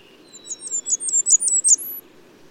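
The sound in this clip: Bird song, a quick string of several very high, sharp chirps, ending in a thin whistle.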